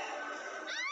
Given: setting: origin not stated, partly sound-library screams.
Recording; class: one-second piece from a danger detection set; woman in danger